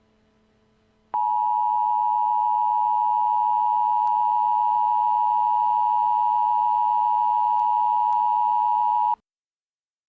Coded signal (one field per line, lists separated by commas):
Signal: Emergency Alert System (SAME) tones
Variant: 853 and 960 Hz attention tone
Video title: Tornado Emergency EAS Mock - Lake City, Arkansas (Real alerts)